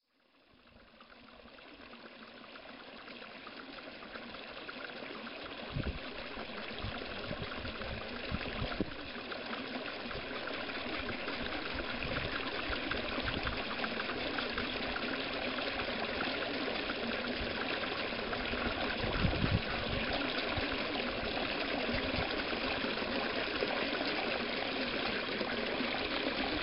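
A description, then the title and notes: Water flows steadily through irrigation channels in rice paddies, a dense, even rush of trickling and burbling that fades in over the first few seconds and then holds. Small splashes and low knocks pop out now and then, notably around six, nine and nineteen seconds. Rice paddy irrigation. The sound of water flowing through rice paddies in the country east of Ubud on the island of Bali, Indonesia.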